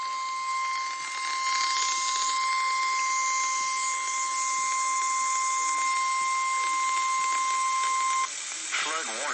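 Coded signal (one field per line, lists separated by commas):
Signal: Emergency Alert System (SAME) tones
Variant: 1050 Hz attention tone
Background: speech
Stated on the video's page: River flood warning broadcast on NOAA weather radio station WXL34.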